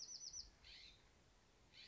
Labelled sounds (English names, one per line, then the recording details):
California Scrub-Jay
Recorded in Sonoma County, California